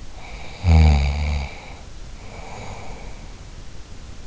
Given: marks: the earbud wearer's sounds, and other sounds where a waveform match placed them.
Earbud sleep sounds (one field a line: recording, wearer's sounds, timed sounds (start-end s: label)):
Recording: sounds in sleep by an in-ear microphone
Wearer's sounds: snoring breath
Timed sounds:
0.17-3.45 s: snoring breath